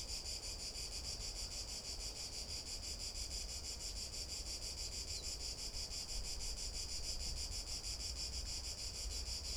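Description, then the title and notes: Cicada song as an unbroken shrill drone with faint rhythmic pulsing, over a low background rumble. Cicada recorded from boardwalks around the lake at the Albufera de Valencia, Spain, on an afternoon walk, with a Zoom H1n; sound of the nearby sea and lake audible. "Unnamed Road, 46012, 46012 Valencia, España - Paseo por la Albufera. Una tarde de paseo por la Albufera de Valencia. Paseamos alrededor del lago, en este caso por unas pasarelas en donde nos paramos para grabar a una Chicharra [Cicadidae]"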